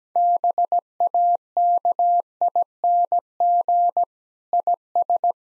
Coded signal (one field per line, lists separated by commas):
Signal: Morse code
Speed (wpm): 17 wpm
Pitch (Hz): 700 Hz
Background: none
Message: BAKING IS